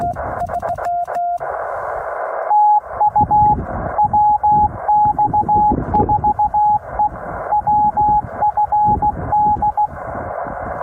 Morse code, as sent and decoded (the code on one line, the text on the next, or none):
- ..- / .-- -..- ....- . / .-- ..-. -..
TU WX4E WFD